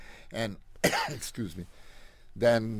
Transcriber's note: coughs